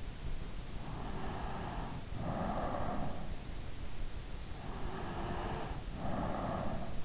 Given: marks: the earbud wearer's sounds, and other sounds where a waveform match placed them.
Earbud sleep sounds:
sounds in sleep by an in-ear microphone; breath
0.72-3.32 s: breath
4.60-7.05 s: breath

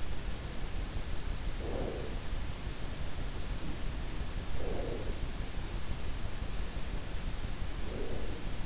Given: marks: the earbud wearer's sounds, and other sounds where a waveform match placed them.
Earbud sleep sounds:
sounds in sleep by an in-ear microphone; breath
1.36-2.51 s: breath
4.10-5.48 s: breath
7.50-8.65 s: breath

